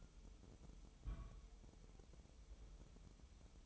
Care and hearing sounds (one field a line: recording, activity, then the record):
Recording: daily activity, microphone in the room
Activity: place on stove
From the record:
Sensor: 1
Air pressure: 988.3 hPa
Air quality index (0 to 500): 202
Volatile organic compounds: 1000 ppm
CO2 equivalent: 5401 ppm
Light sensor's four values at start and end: 27/98/37/39 and 27/98/37/39